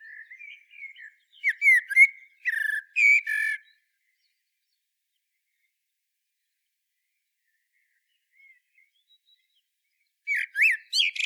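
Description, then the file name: Common blackbird song: a low, mellow whistled warble rising into a burst of high, scratchy twitters, then silence before a second phrase begins. "Turdus merula"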